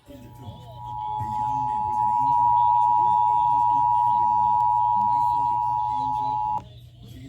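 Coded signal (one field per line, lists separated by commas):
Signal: Emergency Alert System (SAME) tones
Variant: 853 and 960 Hz attention tone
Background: speech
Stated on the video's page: Required Monthly Tests, some failed.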